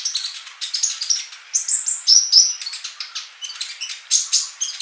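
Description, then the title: Bird song in a dense stream of high, twittering chirps and thin whistled notes with hardly any pause. "Kicau Burung"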